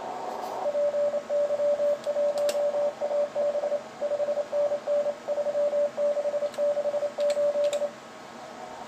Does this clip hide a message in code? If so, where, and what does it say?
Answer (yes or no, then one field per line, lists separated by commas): yes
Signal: Morse code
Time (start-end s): 0.7-7.9 s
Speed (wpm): 28 wpm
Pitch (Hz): 580 Hz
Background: radio noise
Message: PY1AB 5NN 3668